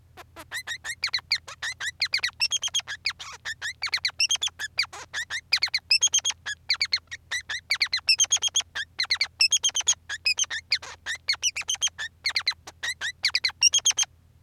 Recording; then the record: song of a male Bengalese finch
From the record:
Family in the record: son of father 3